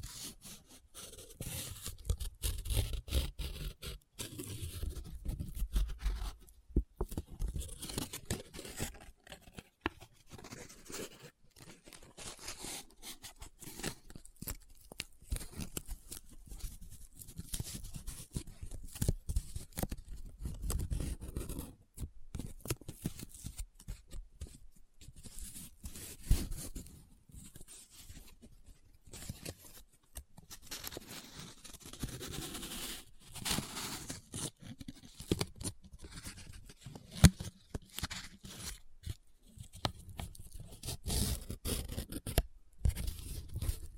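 Paper being folded, rubbed and crinkled in a steady run of dense, irregular scratchy bursts, with short crackling crinkles and rasping strokes following one another quickly throughout. Low thumps from handling show up now and then, and the overall loudness stays fairly even.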